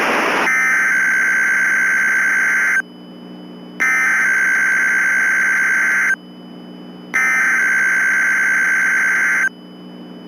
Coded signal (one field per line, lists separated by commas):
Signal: Emergency Alert System (SAME) tones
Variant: header bursts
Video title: (EAS MOCK) The Yellowstone Caldera Disaster